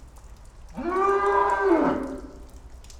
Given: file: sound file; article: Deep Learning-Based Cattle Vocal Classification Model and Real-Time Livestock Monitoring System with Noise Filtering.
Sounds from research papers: cattle; normal call

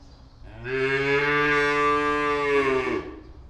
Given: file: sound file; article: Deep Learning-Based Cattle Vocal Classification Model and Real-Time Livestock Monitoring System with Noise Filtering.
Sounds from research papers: cattle; normal call

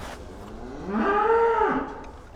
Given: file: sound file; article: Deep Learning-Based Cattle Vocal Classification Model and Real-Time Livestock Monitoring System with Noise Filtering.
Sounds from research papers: cattle; food anticipating call

